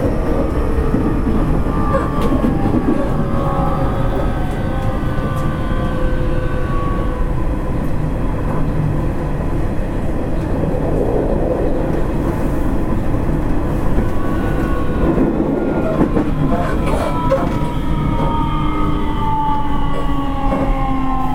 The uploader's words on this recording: 西鉄3000系 急行 久留米から二日市まで. 西日本鉄道 3000系電車の走行音です。 大牟田線の急行列車で録音しました。 Running noise of Nishitetsu 3000 series train.